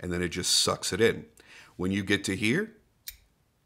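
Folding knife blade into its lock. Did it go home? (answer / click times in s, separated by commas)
yes / 3.1 s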